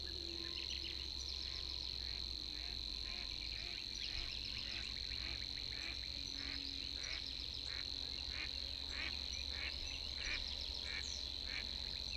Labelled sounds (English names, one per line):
Savi's Warbler song